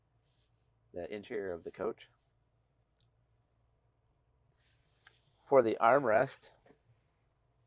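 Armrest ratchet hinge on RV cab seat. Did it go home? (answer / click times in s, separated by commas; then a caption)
no / none. Someone talks while handling the ratcheting armrest hinge on the cab seat of a 2025 Newmar Super Star RV, with speech at about 1–2 s and 5.5–6.5 s and a brief faint tick near 5.1 s. The armrest has not yet clicked or locked into position.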